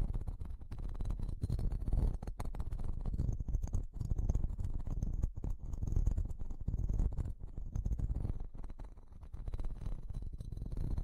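A microphone is slowly grabbed and handled, making a dense, low rumbling and rubbing that fills all eleven seconds. Sharp clicks and knocks break in often and irregularly, and a faint thin whine rises and falls in the middle stretch.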